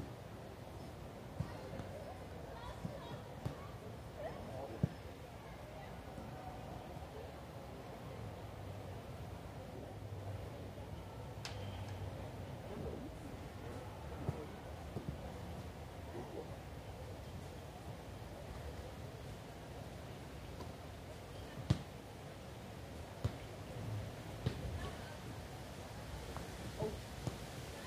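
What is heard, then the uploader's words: People pass by in a busy park, with fragments of conversation drifting through a steady low murmur. Sharp clicks and thwacks pop up every few seconds, some like balls being struck, with a louder crack near the middle and another toward the end. The bustling scenery of Munich's famous Englischer Garten. The lively atmosphere of a Sunday afternoon.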